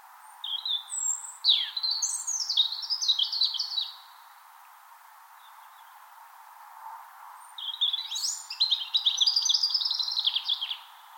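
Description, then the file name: European robin delivering long, tumbling phrases of high, sweet whistles and quick descending trills, about four seconds each, with a pause of about three and a half seconds between them. Spring morning song, Finland. "Punarinta lauri hallikainen"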